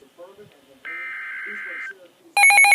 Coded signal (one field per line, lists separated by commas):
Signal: Emergency Alert System (SAME) tones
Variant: header bursts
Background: speech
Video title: Severe Thunderstorm Warning-(EAS #119)